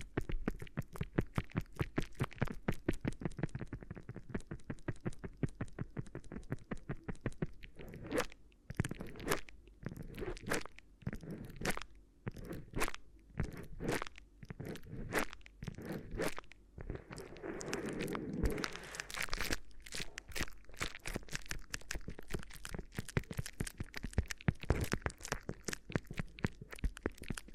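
A crinkly ear massage: dense, rapid crackling and crunching from handled material, running almost continuously for the whole stretch. The crinkles come in quick bursts with brief gaps, growing busier and louder in the second half, with a fuller rustling swell around eighteen seconds.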